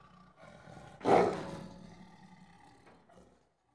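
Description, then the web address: Tiger giving a single harsh snarl that bursts out suddenly and then fades into a low, rough growl over a couple of seconds. One tiger snarling and growling; countryside of India, Pakistan and Nepal. "BBC Sound Effects Library. India Pakistan Nepal. One Tiger Snarling And Growling"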